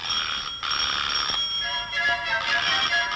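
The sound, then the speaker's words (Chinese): A telephone rings with a bright, high-pitched electronic trill, repeating in quick bursts separated by brief pauses, loud and steady with no voices over it. “你嘅电话又嚟 啦！”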